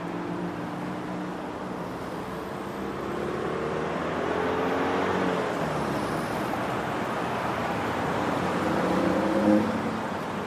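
City bustle with traffic: a steady, dense roar of engines fills the clip, with low humming tones rising and falling as vehicles accelerate and pass. One vehicle peaks near the end, around nine seconds.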